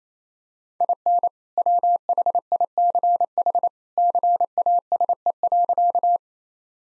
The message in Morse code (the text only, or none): IN WHICH CASE.